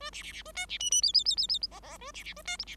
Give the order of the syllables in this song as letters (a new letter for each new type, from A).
A B B B A C B D D E E E E E F F A B B A C G B